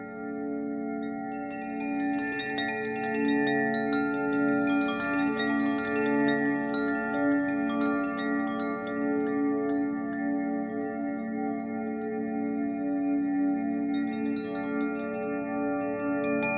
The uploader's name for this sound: wave chimes